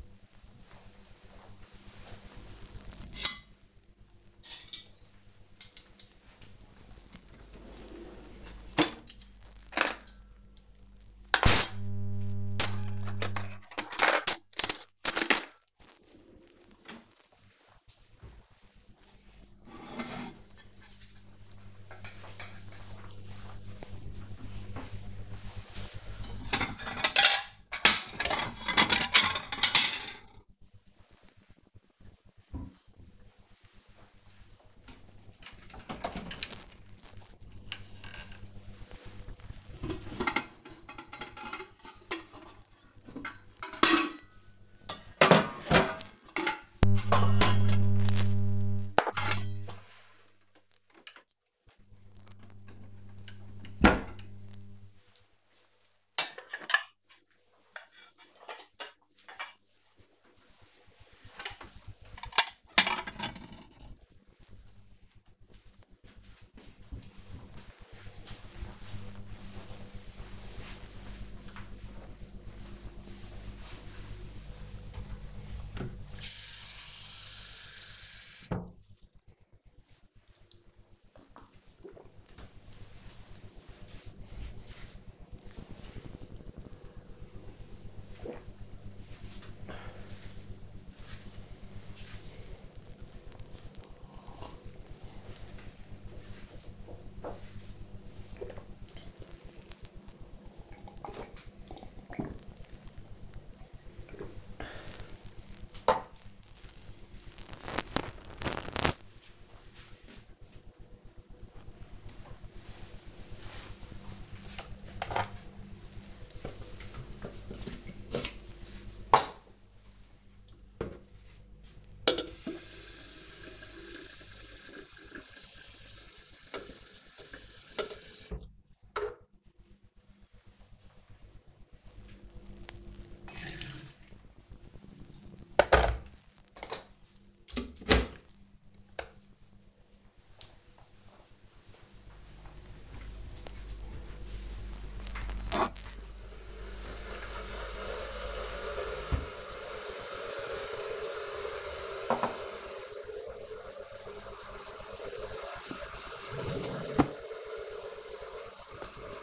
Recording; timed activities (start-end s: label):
household activities, microphone on the right wrist
0.00-64.12 s: putting away the dishes
72.18-104.40 s: drinking
111.44-159.22 s: making tea